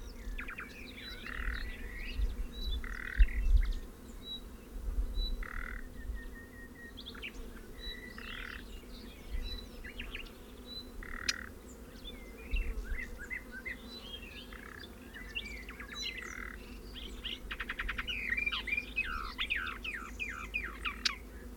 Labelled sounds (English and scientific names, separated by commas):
Western Orphean Warbler (Sylvia hortensis) call